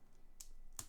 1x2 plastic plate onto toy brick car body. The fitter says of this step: One there. Nice click.